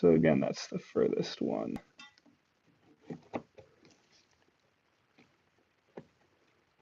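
Someone talks briefly, then a RAM module is handled against the furthest DIMM slot on a motherboard, producing a few soft taps and light knocks. Nothing has seated or clicked into the slot yet.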